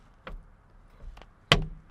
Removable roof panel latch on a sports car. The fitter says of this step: hear how it clicks in